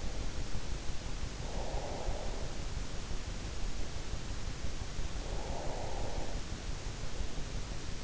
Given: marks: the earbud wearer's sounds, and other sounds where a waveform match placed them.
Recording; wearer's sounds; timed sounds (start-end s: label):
sounds in sleep by an in-ear microphone; breath
0.88-2.79 s: breath
5.34-6.70 s: breath